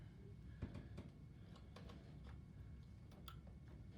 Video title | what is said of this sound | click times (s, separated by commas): AMS Parts Overview | can hear a nice little click there | 3.3 s